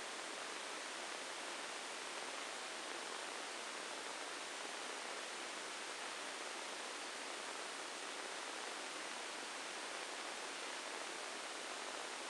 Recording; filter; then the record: brain microelectrode recording played as sound; spike band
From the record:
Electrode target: subthalamic nucleus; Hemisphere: right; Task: reaching with the left hand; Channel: 1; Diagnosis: Parkinson's disease